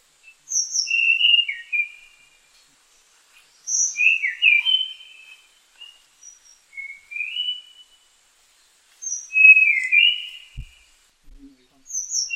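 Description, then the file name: Tanahjampea Blue Flycatcher song: short phrases of high, sweet whistled notes with a few falling slurs, repeated every few seconds. "sikatan tanahjampea"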